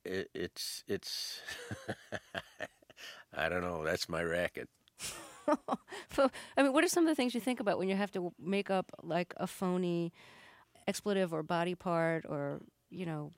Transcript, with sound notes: it's - (laughter) I don't know. That's my racket.
(Laughter) I mean, what are some of the things you think about when you have to make up, like, a phony expletive or body part or, you know...